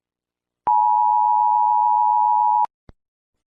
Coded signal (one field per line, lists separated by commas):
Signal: Emergency Alert System (SAME) tones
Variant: 853 and 960 Hz attention tone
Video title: EF-7 tornado | eas scenario ￼